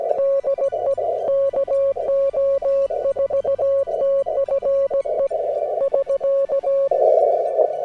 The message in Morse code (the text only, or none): DE KO4TFE <SK>